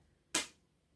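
A magnetic snap closure on the inner slip pocket of a leather handbag is pressed shut by its maker. A single sharp snap is heard at 0.4 s against a quiet background, and the snap seats closed.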